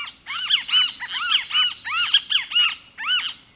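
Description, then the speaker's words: Great kiskadee calling, loud arched squawking notes in short repeated groups. Whistled notes; call seems to repeat the bird's own name. "The kiskadee, too, seems preoccupied with repeating its name."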